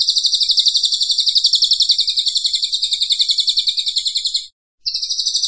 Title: Cililin AMPUH 3. Suara Cililin Super Gacor